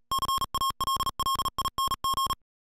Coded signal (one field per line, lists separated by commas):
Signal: Morse code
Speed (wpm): 37 wpm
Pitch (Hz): 1080 Hz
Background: music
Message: CALLING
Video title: Universal-Radio presents the Samlex MSK 90 Solar charging system